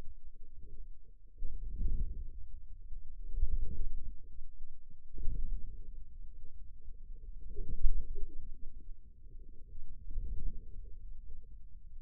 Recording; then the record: forearm muscle sounds (acoustic myography)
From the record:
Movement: wrist flexion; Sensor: system 2, bracelet of six BSWA MPA416 microphones around the upper forearm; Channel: 2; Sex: male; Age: 22 years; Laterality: right